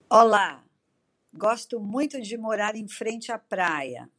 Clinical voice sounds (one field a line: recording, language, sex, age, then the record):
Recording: short text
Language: Brazilian Portuguese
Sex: female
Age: 60 to 69 years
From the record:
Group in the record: control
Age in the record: 63 years